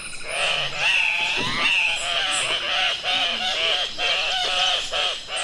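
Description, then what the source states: Andean Cock-of-the-rock screams: loud, harsh squealing calls running continuously, with repeated nasal notes throughout. Males gather at leks in the mating season to scream, grunt, flap wings, bob heads and clack bills in mock fights; sound likened to a chainsaw crossed with a squealing pig.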